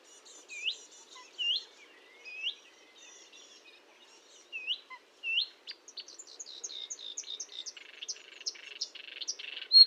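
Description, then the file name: Marsh warbler singing, first a few separate slurred whistles, then a rapid, jumbled burst of sharp high notes. Recorded at Fontaine-Française, Fourneau, on 1 June 2022 at 10:55, using Nagra and Telinga equipment. "Rousserolle verderolle 20220601 1055 Fontaine-Francaise-Fourneau-Nagra-Telinga"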